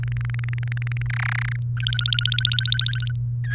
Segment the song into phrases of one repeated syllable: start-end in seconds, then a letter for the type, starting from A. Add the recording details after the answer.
0.03-1.07 A, 1.10-1.56 B, 1.77-3.12 C, 3.44-3.54 D. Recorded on 28 April 2018 at 13:45. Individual llb3